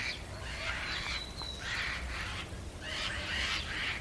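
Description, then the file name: Eurasian jay giving harsh, rasping screeches, several broad tearing bursts of about half a second to a second each, over a low steady background rumble. "Garrulus glandarius"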